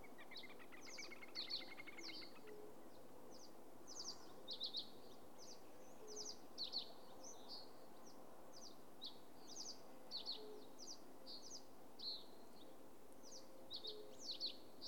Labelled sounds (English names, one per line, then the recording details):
Fire-Bellied Toad call
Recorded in the wild
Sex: male
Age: adult
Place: Bernau bei Berlin, Barnim, Brandenburg, DE
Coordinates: 52.6658, 13.6145
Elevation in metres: 77
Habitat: pond
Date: 2019-04-30 20:28
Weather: 15°C, clear, almost windless
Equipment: Zoom H4nSP
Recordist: Frommolt, Karl-Heinz